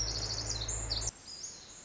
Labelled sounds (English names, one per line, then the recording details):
Pacific Wren
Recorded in Sonoma County, California